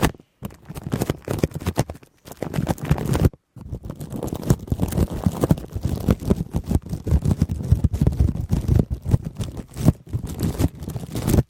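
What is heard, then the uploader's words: Shaving cream rubbed on the mic makes a dense, fast crackle of bright crinkles and low squishy thumps, with brief silences near two and three seconds. ASMR for Charity Shaving Cream on the Mic + Intense Crinkles.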